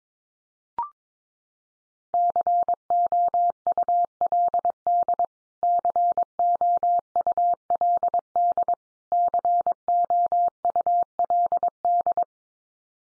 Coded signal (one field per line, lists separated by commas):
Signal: Morse code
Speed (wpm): 22 wpm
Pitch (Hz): 700 Hz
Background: none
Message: COULD COULD COULD